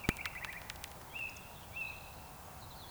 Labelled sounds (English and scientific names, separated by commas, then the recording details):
Eurasian Woodcock (Scolopax rusticola) whistle
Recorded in Baden-Württemberg, Germany, on 26 June 2021 at 19:56 UTC
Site 45499, 200 m above sea level